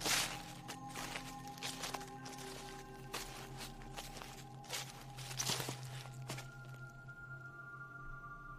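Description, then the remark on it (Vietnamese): Rustling footsteps shuffle along outside the door of a palm-leaf-roofed hut by a flooded river, a series of soft crunching steps over a low steady hum, with a few sharper scuffs midway before the steps fade to quiet. “Đang thiêu thiêu ngủ, tự dưng anh nghe có tiếng bước chân người cứ sột xà sột soạt ở bên ngoài cửa.”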